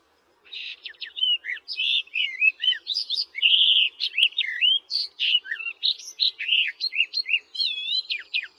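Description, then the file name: Barred warbler song, a continuous rapid jumble of harsh chattering notes, buzzy phrases and short whistles lasting about eight seconds. "barredw nisoria"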